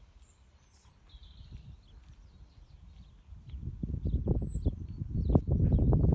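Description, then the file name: Common blackbird thin high calls: two drawn-out descending whistles a few seconds apart, with faint chirps and a low rumble that builds toward the end. "Turdus merula"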